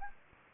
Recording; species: mosquito wingbeat signal from an infrared sensor; Anopheles gambiae